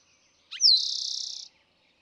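Eastern towhee, a single song of clipped opening notes, a falling whistle, and a quick rattling trill.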